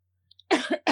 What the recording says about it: I can't tell if I still have, like, COVID symptoms or if I'm just tired. I definitely still have a bit of a cough, though.